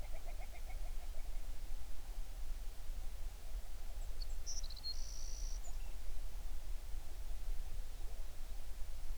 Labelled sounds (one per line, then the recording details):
songbird
grouse or ptarmigan
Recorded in the Prudhoe Bay oil fields, Alaska, on 11 June 2019 at 05:31
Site 21